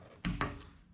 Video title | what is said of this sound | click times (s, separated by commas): Civic Type R FL5 OEM Carbon Wing - Info + Install | torque them until they click | 0.2 s